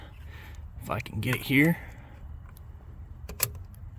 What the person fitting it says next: just like that that little click and it is installed